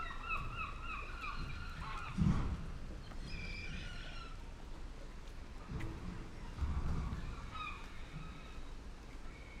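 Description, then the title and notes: Gull calls, a run of quick yelping notes at the start and scattered cries later, with low thuds and lapping water below. Gulls with lapping water in the fishing harbour of Reine, Sørvågen, Norway, at noon; all calm, fishermen, tourists and traffic; recorded on a MixPre-6 II with DPA 4041 microphone in Cinela PIA2. "PORT DE PECHE AU REPOS _ Gamle Sørvågen 12, 8392 Sørvågen, Norvège - MOUETTES ET CLAPOTIS PORT DE PECHE. MOUETTES ET CLAPOTIS dans le port de Reine. Il est midi et tout est calme, pêcheurs, touristes et circulation"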